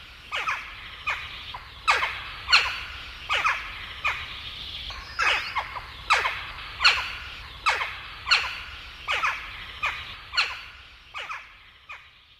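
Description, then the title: Western jackdaw calls: many sharp, downward chack notes in loose bursts. Noisy birds. "Viikon luontoääni: Naakka"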